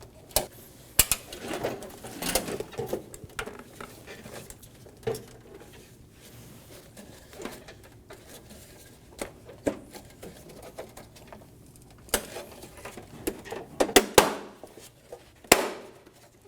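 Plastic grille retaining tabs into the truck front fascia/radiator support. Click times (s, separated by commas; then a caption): 1.0 s, 14.0 s, 14.2 s, 15.5 s. A new plastic grille is pressed onto the front of a 2019–2025 Ram 2500 truck, into the front fascia/radiator support, so its plastic retaining tabs lock in. Sharp, loud snaps ring out at 1.0, 14.0, 14.2 and 15.5 seconds, with quieter handling and clatter in between. The tabs snap into place and the grille is seated.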